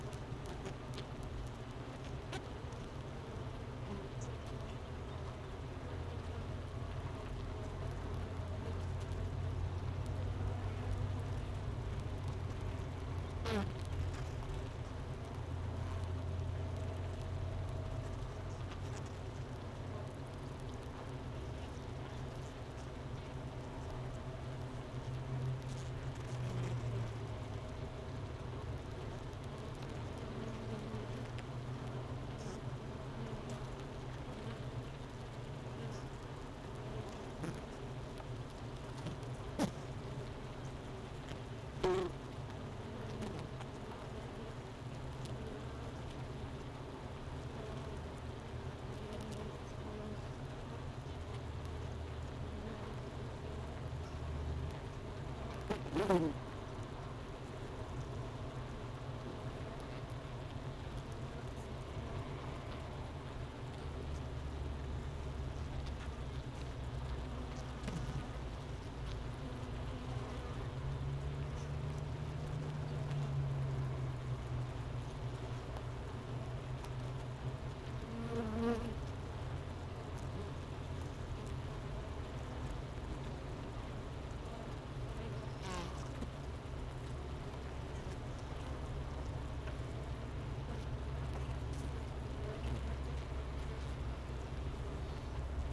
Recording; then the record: honeybee colony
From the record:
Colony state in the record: missing queen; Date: 31 May 2018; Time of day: 10:30